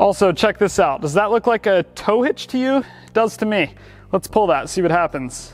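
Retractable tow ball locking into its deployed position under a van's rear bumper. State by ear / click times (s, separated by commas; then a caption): not seated / none. Someone talks beside the open trunk of a Volkswagen ID. Buzz electric van before pulling the release for its retractable tow ball, which swings out to lock into its deployed position under the rear bumper. Nothing has seated or clicked yet; the clip ends just before the hitch snaps into place.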